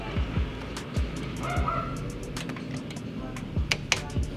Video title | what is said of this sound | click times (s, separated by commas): ADV 160 - First Change Oil | yun click na okay na siguro tayo doan 21 | 3.7 s, 3.9 s